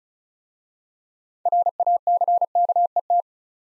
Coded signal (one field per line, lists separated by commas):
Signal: Morse code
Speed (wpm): 36 wpm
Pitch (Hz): 700 Hz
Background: none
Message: RACKET